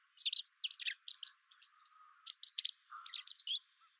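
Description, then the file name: White wagtail calls: a steady chattering series of sharp, high chirps, with a faint low note partway through. "Motacilla alba"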